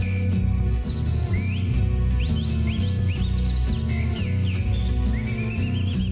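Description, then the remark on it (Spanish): Someone whistles an imitation of calandria (mockingbird) song in quick, high, chirping runs of rising and falling glides and trills, played over steady, loud musical accompaniment with a strong low bass. “Silba la calandria.”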